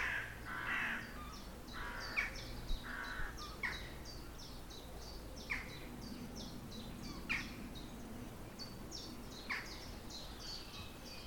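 Crows caw repeatedly in short, harsh bursts, roughly every one to two seconds, some calls louder than others. Behind them runs a steady scatter of quick, bright chirps from smaller birds, over a low, constant rumble.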